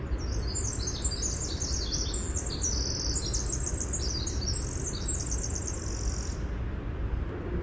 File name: WIWR song